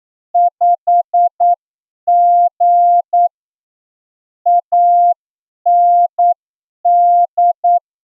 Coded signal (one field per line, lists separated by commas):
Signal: Morse code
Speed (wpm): 9 wpm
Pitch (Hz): 700 Hz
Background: none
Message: 5G AND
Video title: Are you ready for Morse code receiving Examination? (Special Edition) – ASOC Tutorials India